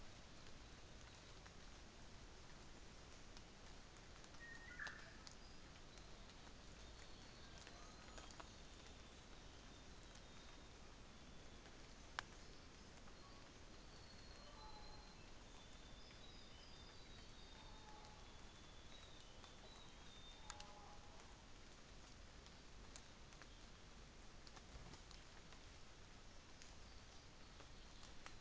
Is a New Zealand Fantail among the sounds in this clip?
no